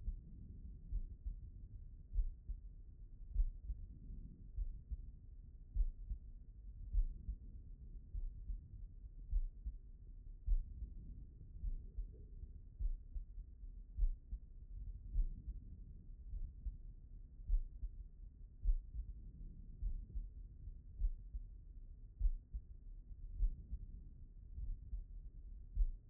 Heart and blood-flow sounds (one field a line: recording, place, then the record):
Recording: heart sounds by stethoscope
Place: pulmonary valve (PV)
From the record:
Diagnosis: non-HFrEF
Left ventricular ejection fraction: 62%